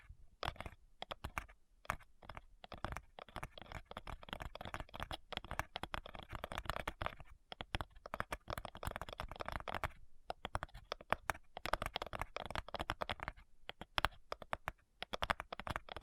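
Addictive tapping in rapid, dense bursts of crisp clicks, much like typing on a keyboard. The taps run almost continuously, broken by brief gaps near two, seven, ten and thirteen seconds, with a bright, clattering edge throughout.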